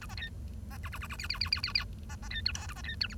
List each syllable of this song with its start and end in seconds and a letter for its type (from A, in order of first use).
0.01-0.06 A, 0.09-0.14 B, 0.17-0.29 C, 0.70-0.77 B, 0.83-0.89 D, 0.92-0.98 D, 1.01-1.07 D, 1.10-1.16 D, 1.19-1.27 E, 1.29-1.39 E, 1.41-1.50 E, 1.52-1.61 E, 1.63-1.72 E, 1.75-1.84 E, 2.09-2.15 B, 2.22-2.28 B, 2.30-2.41 C, 2.45-2.52 F, 2.54-2.67 G, 2.69-2.73 A, 2.76-2.81 B, 2.84-2.95 C, 3.01-3.07 F, 3.10-3.15 H